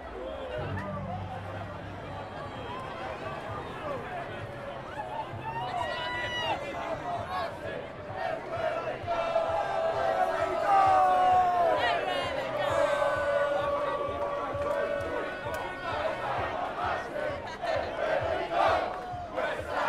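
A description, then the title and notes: A dense crowd outside a London pub chatters and shouts, cheers and whistles swelling from about five seconds and staying loud throughout. Outside the Black Lion in Plaistow, London, UK, at 7.45pm.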